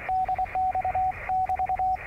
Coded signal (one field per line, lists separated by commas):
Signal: Morse code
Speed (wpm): 23 wpm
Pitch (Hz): 750 Hz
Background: radio noise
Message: DX <BT>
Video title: Morse Code